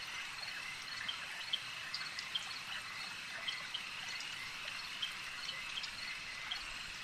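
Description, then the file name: Insect swarm sound, an unbroken shrill hum layered with quick clicks and brief chirps that pop out every second or so. "Elijah Wagner - Relaxing Insect Swarm Ambience"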